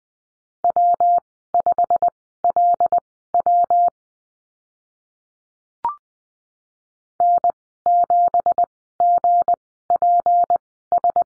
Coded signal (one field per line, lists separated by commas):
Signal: Morse code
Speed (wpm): 20 wpm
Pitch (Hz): 700 Hz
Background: none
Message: W5LW N7GPS